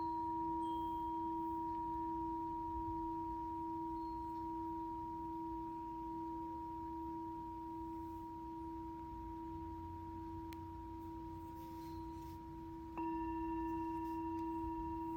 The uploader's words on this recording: Tibetan Singing Bowl. チベタンシンギングボウルのサウンドヒーリング.